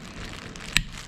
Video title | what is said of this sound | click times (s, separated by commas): HVAC: LG Multi V NIGHTMARE GOT WORSE! IDU Fan Motors Making Noise (No Air Flow & No Proper Access) | right there you heard that click I loosened up the screw | 0.8 s